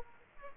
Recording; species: mosquito wingbeat signal from an infrared sensor; Aedes aegypti